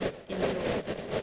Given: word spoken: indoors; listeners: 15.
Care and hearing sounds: one English word in noise, from a listening test; noise modulated by three-talker babble; -6.7 dB; 3 of 15; 8 of 15; 0.83 s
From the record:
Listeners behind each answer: 8, 3, 2, 1, 1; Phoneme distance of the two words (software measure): 27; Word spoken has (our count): 2 syllables, 5 phonemes, stress on syllable 2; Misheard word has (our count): 2 syllables, 4 phonemes, stress on syllable 2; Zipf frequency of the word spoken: 3.88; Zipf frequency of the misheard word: 5.05

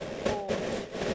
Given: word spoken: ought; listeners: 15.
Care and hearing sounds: one English word in noise, from a listening test; noise modulated by three-talker babble; -7.9 dB; 0 of 15; 6 of 15; 0.74 s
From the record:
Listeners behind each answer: 6, 2, 1, 1, 1, 1, 1, 1, 1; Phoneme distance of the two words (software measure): 17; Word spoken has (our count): 1 syllable, 2 phonemes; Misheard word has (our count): 1 syllable, 3 phonemes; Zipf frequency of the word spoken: 4.39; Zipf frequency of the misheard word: 4.18

